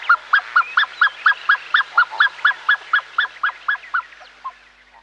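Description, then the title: Black-necked swan whistled alarm, a steady, rapid series of short, soft fiu notes, fading at the end. Whistled alarm call, fiu fiu fiu fiu, given when frightened to warn family of danger; lives in large groups, usually silent otherwise. "Cisne De Cuello Negro (gritos De Alarma)"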